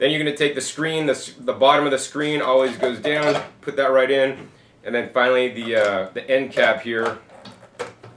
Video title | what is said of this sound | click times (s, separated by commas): Omega NC900HDSS Stainless Steel Juicer Review | locks into place, and then we're going to select our pulp outlet knob to 5 | 7.5 s, 8.0 s